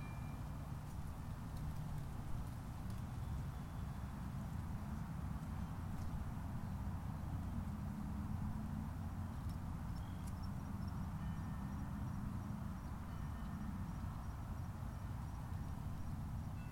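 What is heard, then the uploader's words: Ambience from a golf course in Palm Harbor, Florida, dominated by a steady, dense low rumble that holds even for the full seventeen seconds. A softer mid-range hiss runs alongside it, and a few faint, scattered clicks and taps surface above now and then. Golf Course, Palm Harbor FL.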